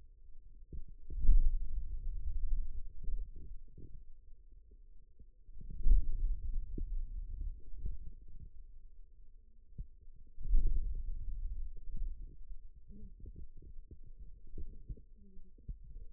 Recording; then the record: forearm muscle sounds (acoustic myography)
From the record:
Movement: hand closing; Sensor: system 2, bracelet of six BSWA MPA416 microphones around the upper forearm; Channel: 4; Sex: male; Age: 22 years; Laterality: right